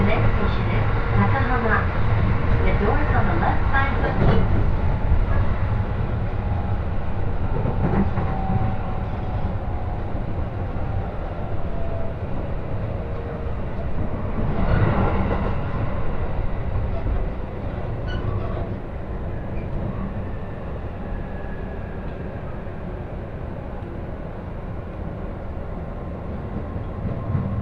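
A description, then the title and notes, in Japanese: A Joban Line local train runs from Ishioka toward Tsuchiura and Toride, its steady low rumble filling the whole clip. Clanks and rattles break through around 4, 8, 15 and 18 seconds, with thin squeals and faint speech, and the noise eases slightly toward the end. 耳で楽しむ鉄道旅 常磐線普通 石岡→土浦→取手。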